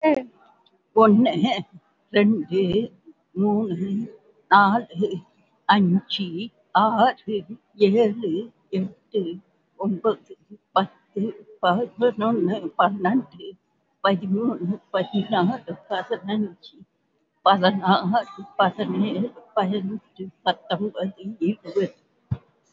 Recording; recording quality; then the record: counting at a normal pace; excellent, no background noise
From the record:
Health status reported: COVID-19 positive, moderate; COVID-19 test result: positive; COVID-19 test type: RT-PCR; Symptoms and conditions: sore throat, fatigue, loss of smell and taste, another respiratory illness, hypertension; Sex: female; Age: 68 years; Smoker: no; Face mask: worn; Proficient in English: yes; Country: India